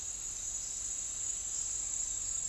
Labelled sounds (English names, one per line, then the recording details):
none
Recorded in dense forest near Puerto Asís, Putumayo, Colombia, on 13 March 2025 at 10:00
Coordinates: 0.503, -76.323
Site GP09